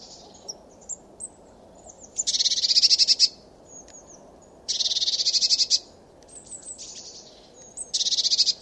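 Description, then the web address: Eurasian blue tit giving harsh, buzzy churring scolds in three bursts, with faint thin high notes between them. "cianscape. Deverinetal"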